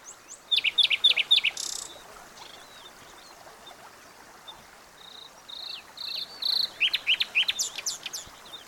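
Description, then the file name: Common nightingale song: a quick run of repeated clicking notes, then pure whistled tones and a rapid stuttering series of notes, over a constant background hiss. "Luscinia megarhynchos"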